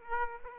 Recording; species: mosquito wingbeat signal from an infrared sensor; Aedes aegypti